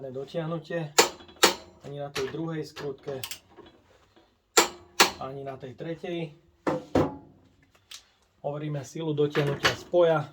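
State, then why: Torque reached. A torque wrench set to 150 Nm is used on the third screw of a screw connection while someone talks. The wrench gives two sharp clicks at 4.6 s and 5.0 s, confirming the third screw is tightened to 150 Nm.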